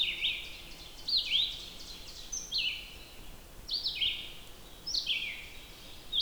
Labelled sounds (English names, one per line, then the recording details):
Red-eyed Vireo song
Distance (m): 20 m
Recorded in boreal forest in Alberta, Canada, on 14 June 2016 at 06:54
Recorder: SongMeter 3, array SBT-3-33
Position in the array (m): 148 m, 176 m